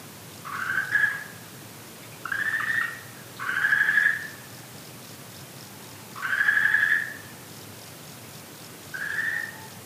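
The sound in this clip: Okinawa green tree frog repeating drawn-out tonal calls in uneven succession, five calls with some gaps of about two seconds, over a quiet hiss.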